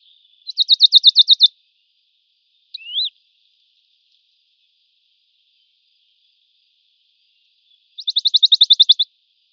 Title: Sylvain Jaskowiak - Mes piafs. Pouillot de bonelli (chant)